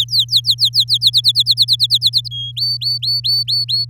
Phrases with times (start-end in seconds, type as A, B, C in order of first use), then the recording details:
0.00-0.98 A, 1.01-2.28 B, 2.31-2.52 C, 2.56-3.85 D. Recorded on 8 May 2018 at 06:23. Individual llb16